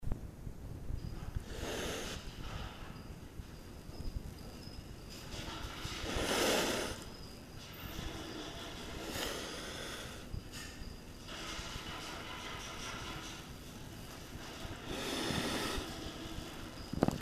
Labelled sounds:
Clouded Leopard (Neofelis nebulosa) hissing
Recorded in captivity
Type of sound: hiss
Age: adult
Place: Zoo Prag, CZ
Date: 1967-09-10 17:00
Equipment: Uher 4200 Report Monitor, Sennheiser MD 421, Transistorverstärker 2
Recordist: Tembrock, Günter
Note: Fauchen gegen Beobachter. Abstand 1 m

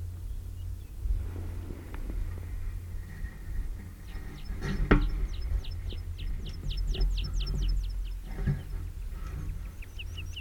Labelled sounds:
Meadow Pipit (Anthus pratensis) song
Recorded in the wild
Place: Linum, Brandenburg, DE
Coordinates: 52.759, 12.876
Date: 1971-05-03
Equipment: Nagra III BH, Sennheiser MD 21, parabola
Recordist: Schubert, Michael
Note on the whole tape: Gesang Wiesenpieper

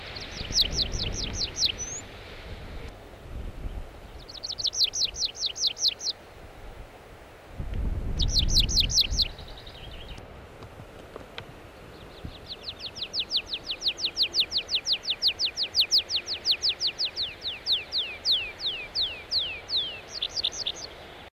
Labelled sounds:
Tree Pipit (Anthus trivialis) song
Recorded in the wild
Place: Bruchberg, Niedersachsen, DE
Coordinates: 51.79, 10.5
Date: 1986-06-14
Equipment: Sony WM-D6C, Parabolscheibe
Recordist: Skiba, Reinald
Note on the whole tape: Wolfswarte, Nationalpark Harz

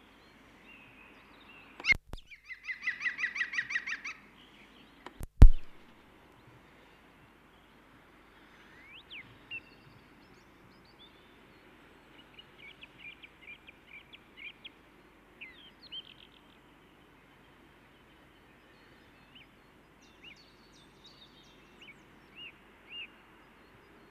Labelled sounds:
European Green Woodpecker (Picus viridis) call
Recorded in the wild
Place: Garmisch-Partenkirchen, Bayern, DE
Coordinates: 47.5164, 11.0811
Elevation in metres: 877
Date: 1971-04-08
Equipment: Nagra IV, Sennheiser MKH 405
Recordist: Tretzel, Erwin

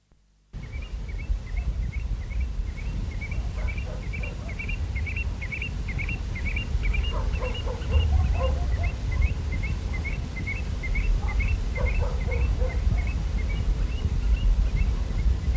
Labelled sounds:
Eurasian Stone-curlew (Burhinus oedicnemus) call
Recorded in the wild
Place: Cala Millor, Mallorca, ES
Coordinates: 39.6, 3.38
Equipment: Halbspur, 9,5 cm/s
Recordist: Lütgens, Hans

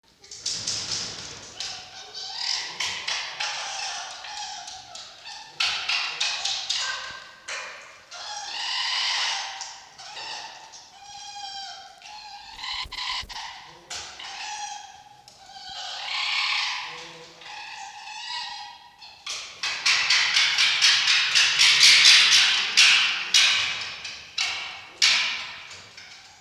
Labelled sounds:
Red Fox (Vulpes vulpes)
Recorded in captivity
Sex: female
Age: adult
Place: Zoologisches Institut der HUB, Berlin, DE
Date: 1953-01-13 19:25
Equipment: Elmetra
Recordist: Tembrock, Günter

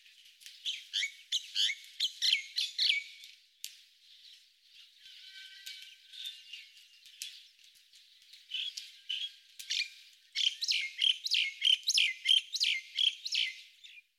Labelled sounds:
Common Myna (Acridotheres tristis) song
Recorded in the wild
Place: Buchara, TM
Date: 2001-05-20
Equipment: MiniDisc Sharp MT 20 H
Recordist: Schwarz, Dieter
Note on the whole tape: Song

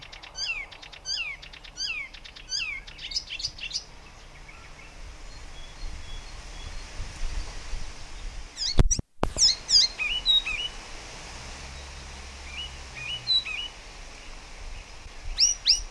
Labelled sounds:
Icterine Warbler (Hippolais icterina)
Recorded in the wild
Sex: male
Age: adult
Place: Erlangen, Bayern, DE
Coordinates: 49.6306, 10.9508
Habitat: pond
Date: 1962-06-13
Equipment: Stellavox SM 5, AKG D19, Original, Vollspur
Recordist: Tretzel, Erwin

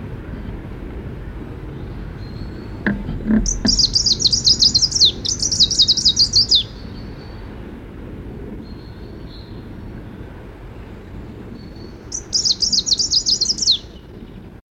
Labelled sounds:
Greenish Warbler (Phylloscopus trochiloides) song
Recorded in the wild
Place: Sassnitz, Insel Rügen, Mecklenburg-Vorpommern, DE
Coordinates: 54.565, 13.615
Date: 1978-06-07
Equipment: Nagra III BH, Sennheiser MD 21, parabola
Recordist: Schubert, Michael

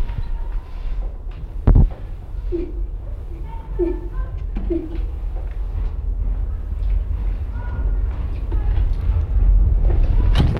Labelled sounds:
Silvery Javan Gibbon (Hylobates moloch)
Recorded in captivity
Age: adult
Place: Zoo Rostock, Mecklenburg-Vorpommern, DE
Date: 1972-10-11
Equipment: Uher 4200 Report Monitor, Verstärker, Sennheiser MD 421
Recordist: Tembrock, Günter

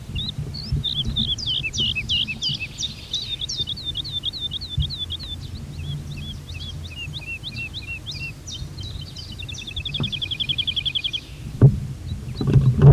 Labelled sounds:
Wood Lark (Lullula arborea) song
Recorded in the wild
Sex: male
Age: adult
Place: Schloß Holte-Stukenbrock, Senne, Nordrhein-Westfalen, DE
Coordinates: 51.8964, 8.69833
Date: 1973-04-20
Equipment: Uher 4200 Report Stereo, Bändchenmikro Beyer M 260, Parabolspiegel Polyester (600 mm)
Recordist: Conrads, Klaus

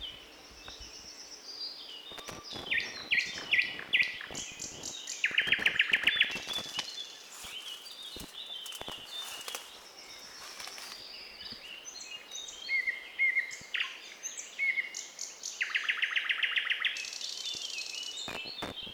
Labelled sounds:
Thrush Nightingale (Luscinia luscinia) song
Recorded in the wild
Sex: male
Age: adult
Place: Borawskie, Podlaskie Voivodeship, PL
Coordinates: 53.4448, 22.4516
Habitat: deciduous forest
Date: 2016-05-29 10:30
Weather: clear sky, moderate wind
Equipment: Marantz PMD660 recorder, Sennheiser ME67 directional microphone
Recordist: Souriau, Abel

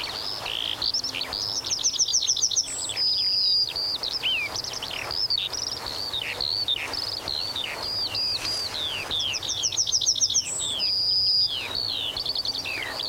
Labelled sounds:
Yellowhammer (Emberiza citrinella)
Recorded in the wild
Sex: male
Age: adult
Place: Zepernick, OT Hobrechtsfelde, Brandenburg, DE
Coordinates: 52.666, 13.495
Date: 1993-04-20 13:50
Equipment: Sony WM-D6C, Sennheiser ME 80, K 30 AV, Kopie Tascam 22-2
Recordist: Quaisser, Christiane

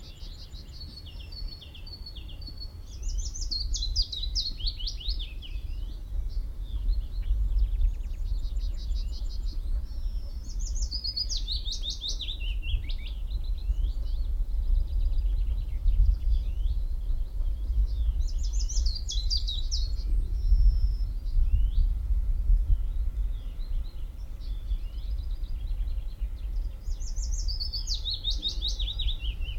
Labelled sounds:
Willow Warbler (Phylloscopus trochilus)
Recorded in the wild
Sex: male
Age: adult
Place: Lichtenbergerhöhe, Tübingen, Baden-Württemberg, DE
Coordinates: 48.5147, 9.03611
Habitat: meadow, forest
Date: 1963-05-11
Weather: overcast, rain
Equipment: LGS26
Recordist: Schneider, Hans-Joachim

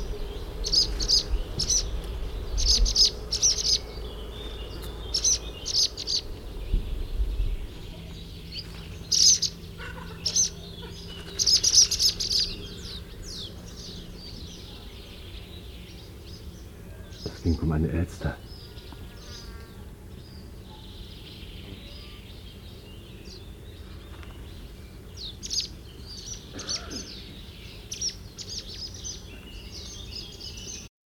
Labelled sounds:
Barn Swallow (Hirundo rustica) alarm call
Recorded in the wild
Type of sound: alarm call
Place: Leszno, Großpolen, PL
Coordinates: 51.842, 16.594
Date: 1987-07-15
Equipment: Nagra III BH, Sennheiser MD 21, parabola
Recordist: Schubert, Michael
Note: Warnrufe Rauchschwalben

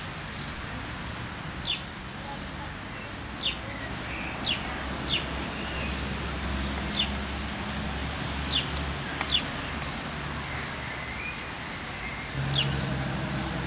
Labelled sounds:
House Sparrow (Passer domesticus) song
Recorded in the wild
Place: Montreux, Kanton Waadt, CH
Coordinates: 46.4347, 6.90944
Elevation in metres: 373
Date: 1986-05-20
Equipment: Uher 4000 Report, Sennheiser MKH 815 T
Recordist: Tretzel, Erwin

